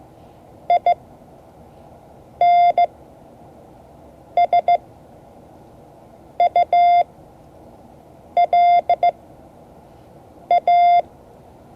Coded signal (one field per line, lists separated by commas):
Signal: Morse code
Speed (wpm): 15 wpm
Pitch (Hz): 690 Hz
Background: none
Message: I N S U L A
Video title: Morse code class 2024-07-30 (5 of 12)